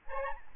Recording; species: mosquito wingbeat signal from an infrared sensor; Aedes albopictus